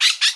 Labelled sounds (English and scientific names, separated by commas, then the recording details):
Brown-throated Parakeet (Eupsittula pertinax) contact call
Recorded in Bonaire
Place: 1 km E of roosting area just N of Seru Largu
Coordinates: 12.199, -68.268